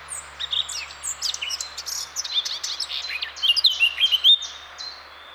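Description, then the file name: Eurasian blackcap song: a chattering warble that builds to a loud, ringing whistled flourish, over a steady low background hum. "Sylvia atricapilla"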